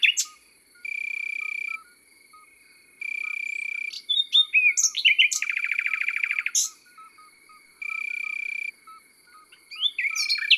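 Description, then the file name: Common nightingale song: varied chirps leading into a fast, even, rattling trill, with crickets trilling in the background. Heard in the countryside. "Rossignol philomele Chants doiseaux dans la campagne"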